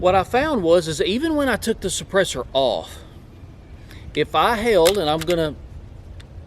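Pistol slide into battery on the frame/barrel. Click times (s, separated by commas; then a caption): 6.2 s. With the suppressor off and the trigger held, the slide of a polymer-frame Glock 17 pistol is let run forward onto the frame and barrel while someone talks. It closes with a light clack at 6.2 s but stops just short of full battery.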